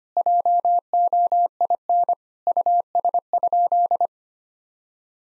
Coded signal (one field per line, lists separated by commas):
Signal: Morse code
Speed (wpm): 25 wpm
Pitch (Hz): 700 Hz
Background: none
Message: JOIN US?